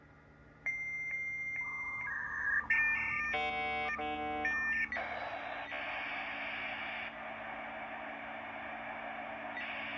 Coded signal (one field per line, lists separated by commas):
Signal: dial-up modem handshake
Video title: Home-made Dial-up Internet Connection on a Macintosh Performa, and Telecom Demo!